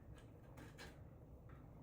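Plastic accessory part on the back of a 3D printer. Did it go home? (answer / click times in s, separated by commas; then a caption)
no / none. A plastic accessory part is lined up on the alignment pin at the back of a Bambu Lab P2S 3D printer before being pushed in. A single soft knock is heard at about 0.6 s over low background noise. Nothing has seated or clicked yet.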